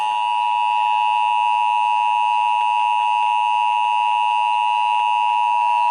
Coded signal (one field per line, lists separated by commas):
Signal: Emergency Alert System (SAME) tones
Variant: 853 and 960 Hz attention tone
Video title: GETTING ON MY LAST DAMN NERVE... EAS Alerts from 10/2/18 - 10/31/18 (EAS #1,879 - 1,899)